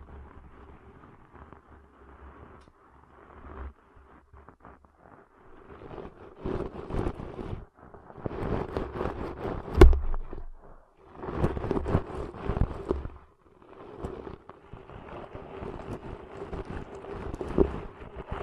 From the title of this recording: Deep 3D Ear Cleaning Intense & Realistic